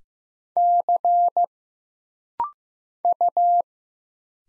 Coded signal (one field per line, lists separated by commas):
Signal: Morse code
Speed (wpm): 15 wpm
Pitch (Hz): 700 Hz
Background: none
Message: C U